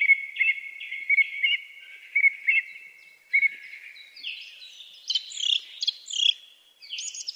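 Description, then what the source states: Song thrush song opening with a steady series of repeated mid-pitched notes, then shifting to higher, more varied whistled phrases with short scratchy elements. Melodic song.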